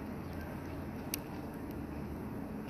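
A white button switch under a flap on the back of a handheld EMF ghost-hunting device is pushed all the way in with a fingernail over a steady low background hum. It gives one short, sharp click at 1.1 s as the switch seats into place.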